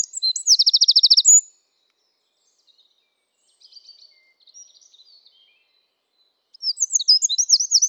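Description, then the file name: Eurasian wren song: a shrill rattling trill ends just after the start, soft faint high notes follow, and a new burst of rapid trilled phrases begins near the end. "Troglodytes troglodytes"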